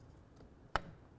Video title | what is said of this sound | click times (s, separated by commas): How to Install RealTruck UnderCover Select Hard Tonneau Cover on a 2022-present Toyota Tundra | All right. Once it's clicked into place, I can slide it back and forth along the rail. | 0.8 s